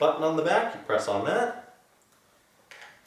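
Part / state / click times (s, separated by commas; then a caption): plastic mop section into steam mop body / seated / 2.7 s. A plastic section is pushed into the body of a Hoover Steamscrub 2 in 1 steam mop while a release button on the back is pressed. Someone talks for the first second and a half, then after a quiet stretch a sharp click lands at 2.7 seconds as the section seats.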